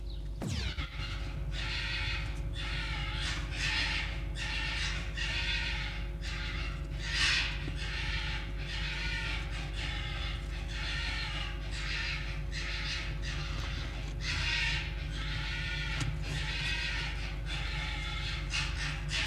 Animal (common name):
Red Fox